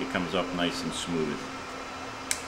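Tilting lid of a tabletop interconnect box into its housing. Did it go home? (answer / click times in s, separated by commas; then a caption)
yes / 2.3 s. Someone talks as the gas-piston tilt-up lid of a conference-table connector box is pushed back down into the tabletop over a low steady hum. Two short sharp clicks sound at 2.3 s and 2.5 s as the lid latches, locked down.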